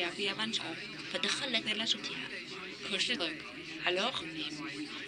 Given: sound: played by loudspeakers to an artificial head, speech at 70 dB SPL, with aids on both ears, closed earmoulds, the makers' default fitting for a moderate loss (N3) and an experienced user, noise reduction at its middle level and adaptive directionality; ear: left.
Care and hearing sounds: speech test signal (ISTS) in cocktail-party noise; +3 dB; in front (0 degrees)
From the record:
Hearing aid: class 2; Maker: D

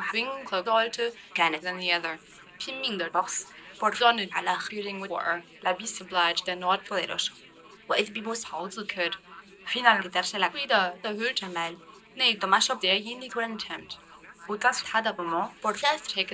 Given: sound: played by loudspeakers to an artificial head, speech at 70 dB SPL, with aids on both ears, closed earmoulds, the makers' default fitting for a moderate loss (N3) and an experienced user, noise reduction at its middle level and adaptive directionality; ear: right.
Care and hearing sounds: speech test signal (ISTS) in cocktail-party noise; +9 dB; on the right (90 degrees)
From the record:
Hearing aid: class 2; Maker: E

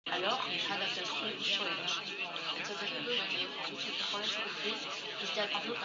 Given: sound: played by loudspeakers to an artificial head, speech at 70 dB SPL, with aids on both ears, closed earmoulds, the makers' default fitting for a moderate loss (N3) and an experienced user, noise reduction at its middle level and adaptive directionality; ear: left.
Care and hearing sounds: speech test signal (ISTS) in cocktail-party noise; 0 dB; on the right (90 degrees)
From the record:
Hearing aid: class 1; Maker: G

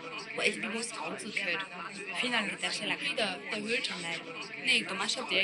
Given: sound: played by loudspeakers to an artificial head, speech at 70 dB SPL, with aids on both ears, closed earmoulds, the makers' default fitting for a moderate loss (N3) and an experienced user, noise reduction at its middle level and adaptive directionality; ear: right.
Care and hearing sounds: speech test signal (ISTS) in cocktail-party noise; -6 dB; in front (0 degrees)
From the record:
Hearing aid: class 2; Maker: I

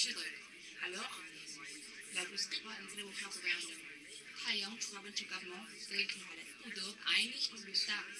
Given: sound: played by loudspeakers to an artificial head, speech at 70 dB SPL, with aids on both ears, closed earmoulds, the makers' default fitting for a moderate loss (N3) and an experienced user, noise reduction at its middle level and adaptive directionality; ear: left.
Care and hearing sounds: speech test signal (ISTS) in cocktail-party noise; +3 dB; on the right (90 degrees)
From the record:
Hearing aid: class 2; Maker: J

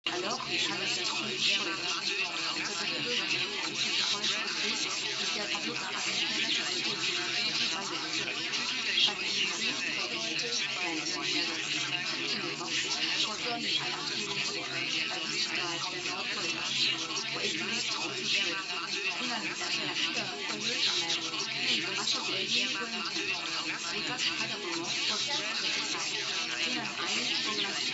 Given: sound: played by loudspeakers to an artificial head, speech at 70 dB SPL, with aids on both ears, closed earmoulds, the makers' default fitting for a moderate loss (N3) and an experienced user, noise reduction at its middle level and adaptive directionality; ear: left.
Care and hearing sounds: speech test signal (ISTS) in cocktail-party noise; -3 dB; on the right (90 degrees)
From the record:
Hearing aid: class 1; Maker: A

